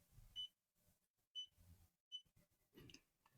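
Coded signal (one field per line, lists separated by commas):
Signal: none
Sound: a device's menu beeps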